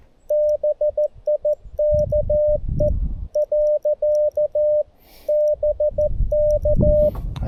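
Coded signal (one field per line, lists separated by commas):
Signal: Morse code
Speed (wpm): 15 wpm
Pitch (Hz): 600 Hz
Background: none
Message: BIKE . BK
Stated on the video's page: Portable CW on QRS (slow-speed) night with a G90, including a contact keyed with a bug.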